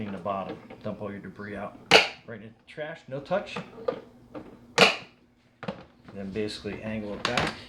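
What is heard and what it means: Someone talks while handling the plastic dust cup of a Shark ZU62 Navigator Zero-M Self-Cleaning Brushroll Pet Pro upright vacuum in Pewter Grey Metallic: the bottom is opened to dump the debris, then the cup is angled back onto the vacuum body. Sharp, bright clacks cut through the talk near 1.9 s and 4.8 s, with a brief quiet tick at about 5.6 s. The clip ends before the dust cup goes home, so nothing has seated or clicked into place yet.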